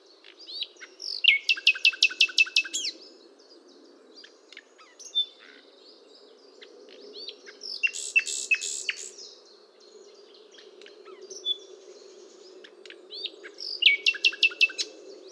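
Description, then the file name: Common nightingale song: three loud bursts of rapid repeated notes, with quiet scattered chirps and whistles between, over a steady low hum. "Luscinia megarhynchos"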